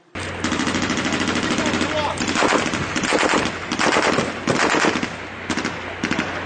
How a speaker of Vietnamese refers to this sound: Thêm mấy phát súng nữa nổ vang.